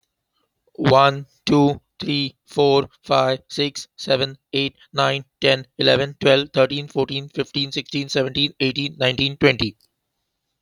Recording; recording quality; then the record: counting at a fast pace; excellent, no background noise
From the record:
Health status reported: healthy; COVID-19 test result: not tested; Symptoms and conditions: cold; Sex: male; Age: 40 years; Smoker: not ticked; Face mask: worn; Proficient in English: yes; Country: India